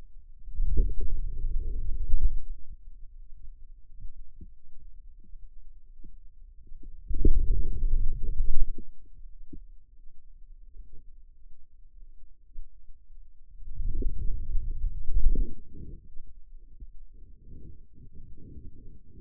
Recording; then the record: forearm muscle sounds (acoustic myography)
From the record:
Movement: wrist flexion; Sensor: system 2, bracelet of six BSWA MPA416 microphones around the upper forearm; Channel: 6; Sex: male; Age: 22 years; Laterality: right